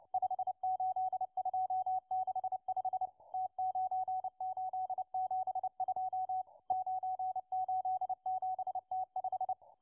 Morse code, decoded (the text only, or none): 58265 T9872 987T5